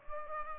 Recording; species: mosquito wingbeat signal from an infrared sensor; Culex pipiens